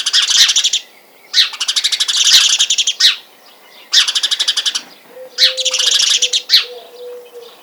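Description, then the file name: House sparrow chatter, loud runs of rapid buzzy chirps in bursts separated by brief pauses, with a faint low tone in the last seconds. "Passer domesticus"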